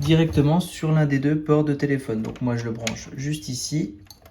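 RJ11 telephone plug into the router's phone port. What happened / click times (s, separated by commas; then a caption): The phone plug is being handled but has not clicked in yet / none. Someone talks while an RJ11 telephone plug is being pushed toward one of the two phone ports on an Orange Livebox 6 router, with only faint handling sounds under the voice. Nothing has seated or clicked yet.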